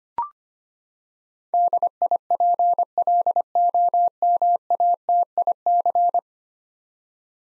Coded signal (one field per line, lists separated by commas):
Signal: Morse code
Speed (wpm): 25 wpm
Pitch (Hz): 700 Hz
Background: none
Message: DIPLOMATIC